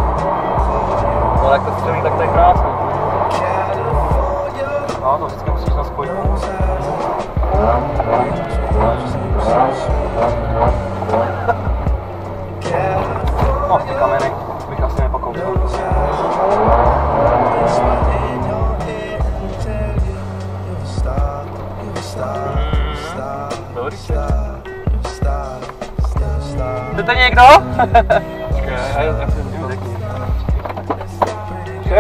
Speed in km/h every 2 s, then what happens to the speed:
16, 9, 9, 19, 17, 17, 16, 9, 17, 27, 25, 19, 14, 9, 0, 0.
0-2 brakes to 9. 4-6 speeds up to 19. 6-15 slows to 9. 15-19 speeds up to 27. 19-27 slows to 0. 27-32 standing.